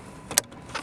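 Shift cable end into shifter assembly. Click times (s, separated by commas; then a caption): 0.4 s. A shift cable end is pushed onto its mount on a shifter assembly that has been set back down. A sharp snap at 0.4 s shows it has seated, leaving the cable tight. A softer rustle follows near 0.8 s.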